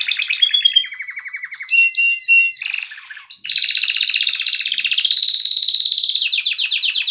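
Canary song of continuous fast trills, dropping in pitch, broken by a brief harsh section, then a long bright rolling trill that climbs slightly.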